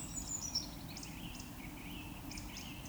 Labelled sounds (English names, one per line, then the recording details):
Eurasian Woodcock
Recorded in Baden-Württemberg, Germany, on 22 June 2020 at 19:44 UTC
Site 43286, 227 m above sea level